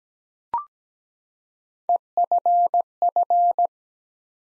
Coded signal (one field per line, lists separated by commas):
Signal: Morse code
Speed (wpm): 17 wpm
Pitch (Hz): 700 Hz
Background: none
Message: EFF